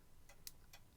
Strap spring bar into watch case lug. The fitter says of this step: And there you hear a click.